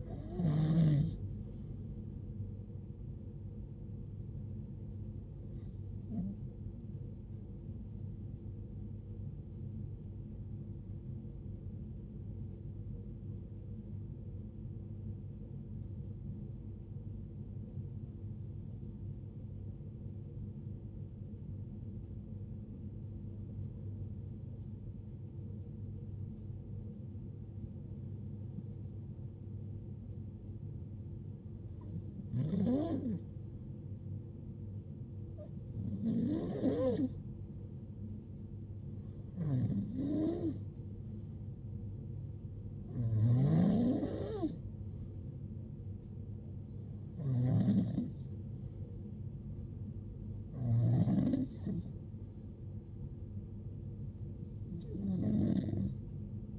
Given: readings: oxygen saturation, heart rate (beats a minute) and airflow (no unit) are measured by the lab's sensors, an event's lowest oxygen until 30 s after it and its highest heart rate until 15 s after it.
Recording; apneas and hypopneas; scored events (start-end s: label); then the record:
breathing in sleep by a smartphone at the bedside; 1
11.00-44.40 s: hypopnea (N1, oxygen 96% highest, then 91% lowest, heart rate 55 at the start, 75 highest)
From the record:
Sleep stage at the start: N1 (lightest sleep); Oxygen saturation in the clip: 91 to 96%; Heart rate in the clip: 52 to 75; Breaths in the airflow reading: 13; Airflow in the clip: -9.3 to 9.0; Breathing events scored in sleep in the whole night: 389 in 6.3 hours asleep